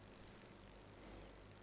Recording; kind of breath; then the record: one breath in and out by a microphone near the nose and mouth; normal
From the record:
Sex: male